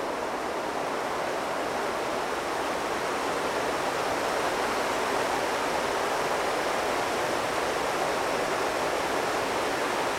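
A mountain river rushes in a steady, dense hiss of churning water, bright and unbroken, holding the same level throughout.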